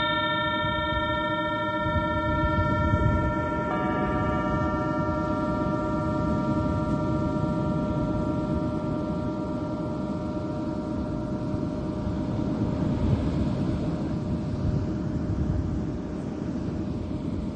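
A singing bowl rings with a sustained, shimmering tone for the whole clip. Its brighter upper overtones fade away after the first few seconds, leaving the steadier middle pitches humming on. A heavy, constant low rumble runs underneath throughout.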